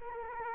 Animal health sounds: mosquito wingbeat signal from an infrared sensor; Culex quinquefasciatus

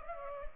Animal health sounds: mosquito wingbeat signal from an infrared sensor; Culex pipiens

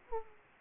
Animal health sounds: mosquito wingbeat signal from an infrared sensor; Aedes aegypti

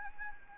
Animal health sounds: mosquito wingbeat signal from an infrared sensor; Anopheles arabiensis

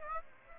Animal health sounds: mosquito wingbeat signal from an infrared sensor; Aedes aegypti

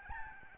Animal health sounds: mosquito wingbeat signal from an infrared sensor; Aedes albopictus

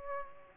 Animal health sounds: mosquito wingbeat signal from an infrared sensor; Aedes aegypti

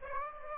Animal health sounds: mosquito wingbeat signal from an infrared sensor; Aedes aegypti

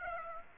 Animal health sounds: mosquito wingbeat signal from an infrared sensor; Aedes aegypti

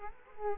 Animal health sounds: mosquito wingbeat signal from an infrared sensor; Culex quinquefasciatus

